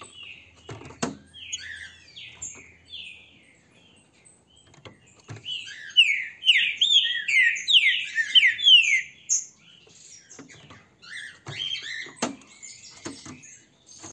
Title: Canto De Trinca Ferro. ESSE CANTA FORTE, Trinca ferro PEITO DE AÇO